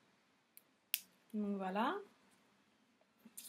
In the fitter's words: je je vais y arriver à l'arrière voilà c'est un petit clic